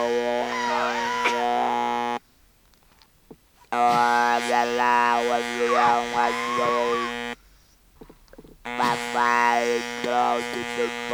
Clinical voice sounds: speech with an electrolarynx; conventional device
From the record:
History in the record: total laryngectomy

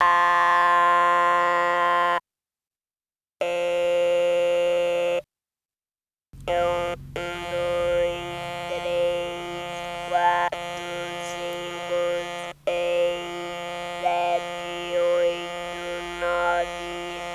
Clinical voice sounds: speech with an electrolarynx; modified device, with random pitch perturbation and pitch set by sex and age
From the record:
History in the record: total laryngectomy

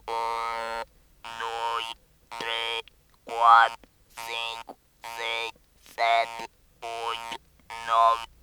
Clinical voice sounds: speech with an electrolarynx; modified device, with random pitch perturbation and pitch set by sex and age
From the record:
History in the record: total laryngectomy

